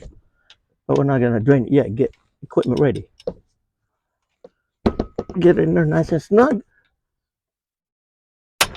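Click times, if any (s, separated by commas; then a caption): 8.6 s. On a Toyota RAV4 Prime, a wrench fitted snugly on the second fill plug of the rear differential housing is turned while someone talks. At 8.6 s there is a sharp snap as the fill plug cracks loose and breaks open.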